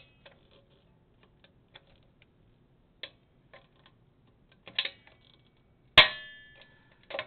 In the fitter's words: Once you hear that snap, normally that's the whole job done.